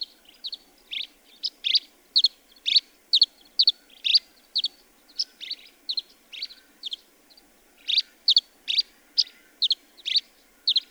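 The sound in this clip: Bird song made of crisp high chirps repeated about twice a second, with a brief pause after the middle, otherwise steady.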